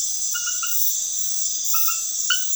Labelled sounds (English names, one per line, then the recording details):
none
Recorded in dense forest near Puerto Asís, Putumayo, Colombia, on 20 February 2024 at 22:30
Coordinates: 0.505, -76.324
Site G6467